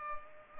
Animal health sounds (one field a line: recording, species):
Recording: mosquito wingbeat signal from an infrared sensor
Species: Culex pipiens